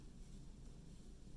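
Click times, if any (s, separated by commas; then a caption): none. A powder basket is twisted onto the tip of a ski pole, producing a steady low rumbling hiss with no distinct transients over 1.4 seconds. The basket has not clicked or seated yet.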